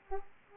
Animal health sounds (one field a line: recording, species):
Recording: mosquito wingbeat signal from an infrared sensor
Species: Aedes aegypti